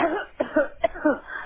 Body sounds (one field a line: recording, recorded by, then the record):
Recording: voluntary cough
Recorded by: telephone call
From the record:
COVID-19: positive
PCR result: checked with the laboratory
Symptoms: no